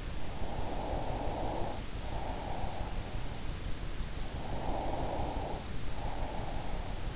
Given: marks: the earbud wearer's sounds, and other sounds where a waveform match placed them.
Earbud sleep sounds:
sounds in sleep by an in-ear microphone; breath
0.20-3.39 s: breath
4.26-7.16 s: breath

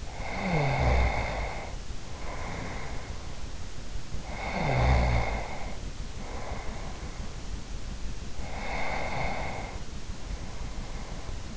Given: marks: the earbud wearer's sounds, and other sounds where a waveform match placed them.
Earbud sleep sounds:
sounds in sleep by an in-ear microphone; snoring breath, breath
0.00-3.33 s: snoring breath
4.17-7.24 s: snoring breath
8.31-11.57 s: breath

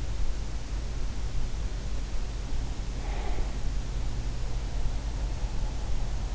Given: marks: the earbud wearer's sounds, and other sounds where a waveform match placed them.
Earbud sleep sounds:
sounds in sleep by an in-ear microphone; breath
3.03-3.53 s: breath

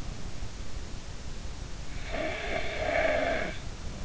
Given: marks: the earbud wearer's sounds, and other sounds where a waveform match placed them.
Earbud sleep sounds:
sounds in sleep by an in-ear microphone; snoring breath
1.89-3.54 s: snoring breath

